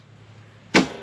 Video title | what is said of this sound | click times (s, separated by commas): This Camper Trailer Can Be Pulled By Any Vehicle Even A 1930 Ford Model A | You hear that snap? | 0.8 s